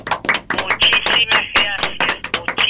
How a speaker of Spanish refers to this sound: Así que un gran aplauso para vos y un fuerte abrazo para todos los cordobeses.